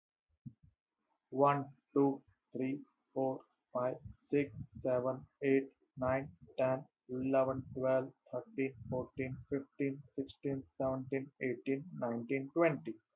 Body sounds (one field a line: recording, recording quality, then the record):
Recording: counting at a normal pace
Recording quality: excellent, no background noise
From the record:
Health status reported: healthy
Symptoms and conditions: none ticked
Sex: male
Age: 47 years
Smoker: not ticked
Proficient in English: yes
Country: India